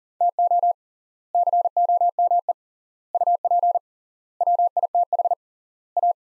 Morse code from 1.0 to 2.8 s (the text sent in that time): COME